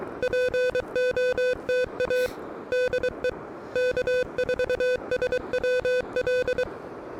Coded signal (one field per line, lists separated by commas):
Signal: Morse code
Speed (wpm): 24 wpm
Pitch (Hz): 500 Hz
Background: music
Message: POTA DE K4SWL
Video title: Early Morning Morse Code: Pedestrian Mobile & QRP at Fort Fisher State Recreational Area!